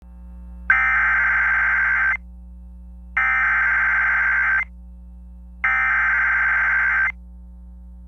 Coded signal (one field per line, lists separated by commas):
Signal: Emergency Alert System (SAME) tones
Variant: header bursts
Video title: Severe Thunderstorm Warning (WI) (8/29/24) [EAS #35]